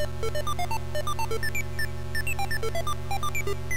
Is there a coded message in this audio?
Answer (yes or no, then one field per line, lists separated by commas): no